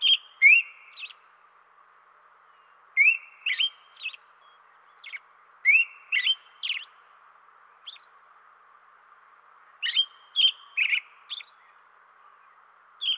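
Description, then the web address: American robin: groups of slurred whistled notes followed by quick, sharp notes, repeated every few seconds against a quiet background. Western North America. "Dan Gibson Wildlife Identification By Sound, Western North America. American Robin"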